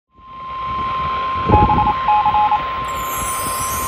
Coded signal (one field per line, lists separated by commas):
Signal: Morse code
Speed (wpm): 27 wpm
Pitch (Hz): 840 Hz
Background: none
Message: BC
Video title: Virginia Beach Vacay - Alerts from 9/6/25 | EAS #1543 - 1546